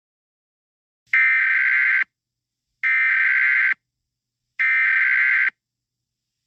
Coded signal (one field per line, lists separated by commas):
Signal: Emergency Alert System (SAME) tones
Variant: header bursts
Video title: EAS SCENARIO 25: Dragon Maleficent's Rampage